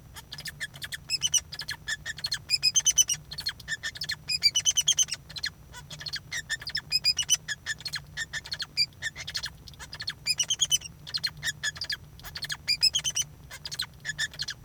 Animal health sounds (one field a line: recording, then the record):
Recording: song of a male Bengalese finch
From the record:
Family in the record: son of father 2